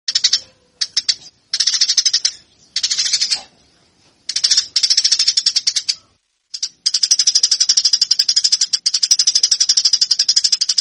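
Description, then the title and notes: Eurasian tree sparrow fighting calls, rapid rasping chirps, first in choppy bursts, then a long even run. Fighting calls; bird-training recording. "MASTER GEREJA TARUNG. burung gereja"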